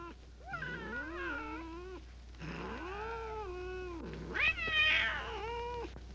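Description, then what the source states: Cat giving three long, wavering yowls that swell and sag in pitch, the last one harsher and louder. Described as growling.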